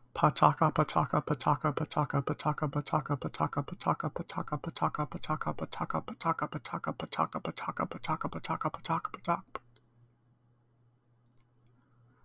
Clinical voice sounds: repeated syllables /pa ta ka/; male; 20 to 29 years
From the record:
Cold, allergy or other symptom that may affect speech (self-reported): no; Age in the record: 28 years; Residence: Florida, United States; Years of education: 15

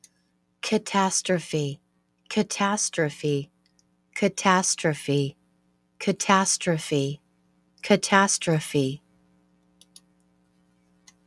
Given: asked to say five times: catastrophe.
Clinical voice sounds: repeated word; female; 50 to 59 years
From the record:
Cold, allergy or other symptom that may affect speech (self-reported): no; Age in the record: 54 years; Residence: Arizona, United States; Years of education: 12

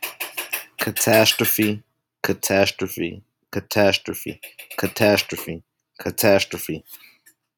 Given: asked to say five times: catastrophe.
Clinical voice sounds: repeated word; male; 20 to 29 years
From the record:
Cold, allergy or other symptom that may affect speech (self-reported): no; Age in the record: 21 years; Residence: South Carolina, United States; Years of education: 12

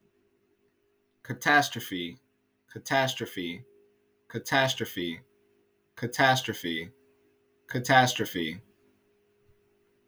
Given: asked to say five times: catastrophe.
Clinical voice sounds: repeated word; male; 30 to 39 years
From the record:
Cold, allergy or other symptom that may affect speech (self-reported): no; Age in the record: 35 years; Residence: Oregon, United States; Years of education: 14

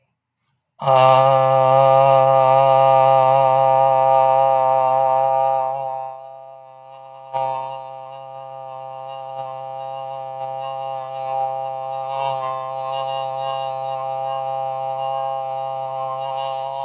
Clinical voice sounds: vowel held as long as possible; male; 50 to 59 years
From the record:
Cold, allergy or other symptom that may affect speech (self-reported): no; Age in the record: 53 years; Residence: Arkansas, United States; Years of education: 19

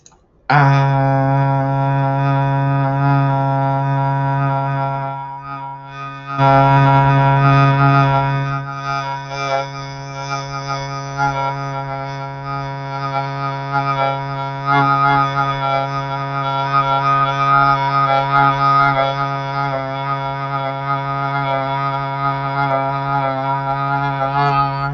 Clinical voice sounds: vowel held as long as possible; male; 30 to 39 years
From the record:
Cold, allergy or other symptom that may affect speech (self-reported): no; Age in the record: 35 years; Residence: Illinois, United States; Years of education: 14

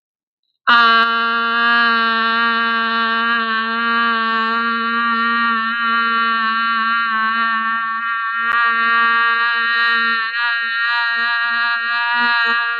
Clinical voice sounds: vowel held as long as possible; female; 30 to 39 years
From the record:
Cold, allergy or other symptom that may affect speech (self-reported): no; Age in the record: 33 years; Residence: Minnesota, United States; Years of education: 16

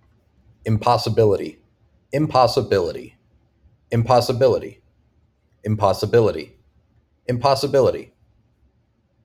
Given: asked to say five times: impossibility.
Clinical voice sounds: repeated word; male; 20 to 29 years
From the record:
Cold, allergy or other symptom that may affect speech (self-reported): no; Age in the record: 26 years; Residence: Florida, United States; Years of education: 18

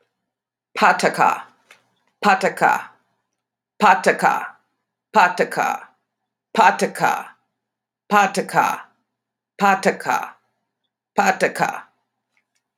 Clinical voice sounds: repeated syllables /pa ta ka/; female; 50 to 59 years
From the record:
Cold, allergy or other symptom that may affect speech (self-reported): no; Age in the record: 56 years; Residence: North Carolina, United States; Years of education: 16

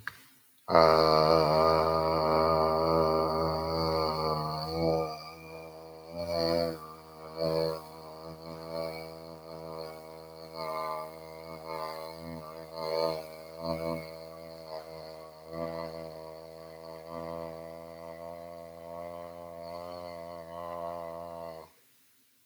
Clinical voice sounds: vowel held as long as possible; male; 40 to 49 years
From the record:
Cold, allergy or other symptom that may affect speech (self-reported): no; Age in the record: 41 years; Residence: Arizona, United States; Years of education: 17

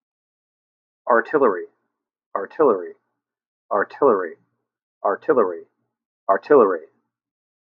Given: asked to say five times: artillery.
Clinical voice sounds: repeated word; male; 40 to 49 years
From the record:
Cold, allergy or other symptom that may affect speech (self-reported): no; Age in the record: 44 years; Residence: Ohio, United States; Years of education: 18

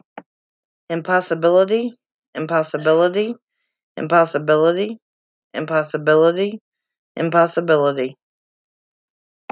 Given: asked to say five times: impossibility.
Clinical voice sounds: repeated word; female; 30 to 39 years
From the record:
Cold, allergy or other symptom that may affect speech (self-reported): no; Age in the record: 38 years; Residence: Texas, United States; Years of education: 12

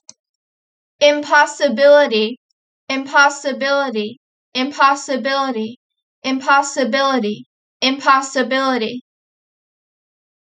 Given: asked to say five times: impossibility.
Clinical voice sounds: repeated word; female; 30 to 39 years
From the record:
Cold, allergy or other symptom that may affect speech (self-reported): no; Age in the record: 30 years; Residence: Pennsylvania, United States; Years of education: 16

